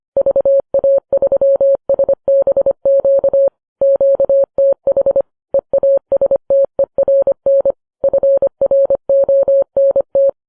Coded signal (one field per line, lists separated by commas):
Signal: Morse code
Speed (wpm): 25 wpm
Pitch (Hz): 550 Hz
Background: none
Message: VA3SBQ QTH EASTERN FRONT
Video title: Horror in East Prussia—Episode 88: The Red Army enters Germany